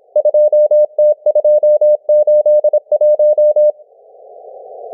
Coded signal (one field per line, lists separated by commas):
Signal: Morse code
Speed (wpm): 26 wpm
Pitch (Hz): 600 Hz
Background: none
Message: 2T281